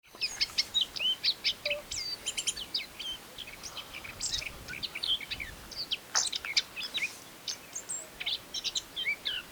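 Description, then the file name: Eurasian blackcap producing a dense, fast run of sharp high chirps and twitters, almost unbroken for most, with low background noise. "Sylvia atricapilla"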